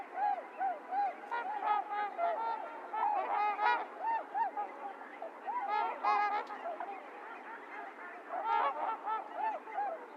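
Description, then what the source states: Trumpeter swans giving nasal, horn-like honks, several birds overlapping, single calls rising and falling in short bursts with brief lulls between. Recorded 28 January 2022; recording low-cut filtered; several swans.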